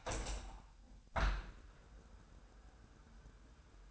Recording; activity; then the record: daily activity, microphone in the room; open window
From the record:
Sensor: 2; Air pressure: 999.8 hPa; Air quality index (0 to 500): 229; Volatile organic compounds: 61 ppm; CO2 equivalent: 3424 ppm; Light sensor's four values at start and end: 8/19/8/8 and 8/20/8/8